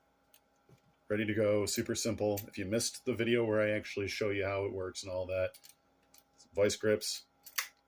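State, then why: Seated. Locking pliers (vice grips) are clamped shut on the mechanism of a homemade spring-powered spear gun while someone talks. The pliers snap locked into place with a single sharp click at 7.6 seconds.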